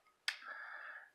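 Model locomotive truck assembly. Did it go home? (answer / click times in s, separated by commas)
yes / 0.3 s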